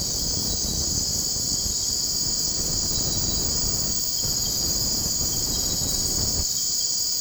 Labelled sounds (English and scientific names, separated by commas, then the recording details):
none
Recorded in secondary vegetation near Puerto Asís, Putumayo, Colombia, on 19 February 2024 at 03:30
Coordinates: 0.489, -76.322
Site G6419